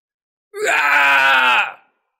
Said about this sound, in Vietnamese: Tên này hét lớn, tóc tai bù xù như lâm vào điên cuồng.